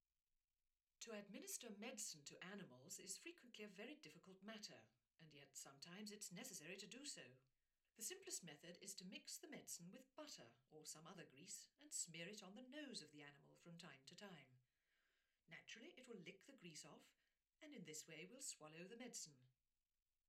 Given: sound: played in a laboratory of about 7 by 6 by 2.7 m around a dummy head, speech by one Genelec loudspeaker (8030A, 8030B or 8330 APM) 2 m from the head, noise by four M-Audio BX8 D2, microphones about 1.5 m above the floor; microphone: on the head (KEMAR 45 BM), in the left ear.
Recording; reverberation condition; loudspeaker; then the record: female speech in English; low; 30 degrees to the left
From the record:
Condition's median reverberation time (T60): about 310 ms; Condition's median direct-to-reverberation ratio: about 3.5 dB